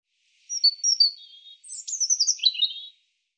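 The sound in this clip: European robin singing a single phrase. High sweet notes and slurred descending whistles lead into a rapid, tinkling twitter. No other sounds.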